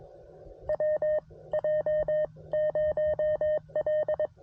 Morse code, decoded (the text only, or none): WJ0L